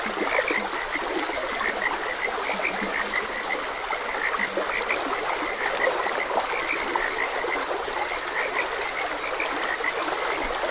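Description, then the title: Frog chorus of repeated short croaks blending together, with continuous flowing water underneath throughout. Frogs croaking beside a gentle stream. "Gentle Stream and Frogs Croaking"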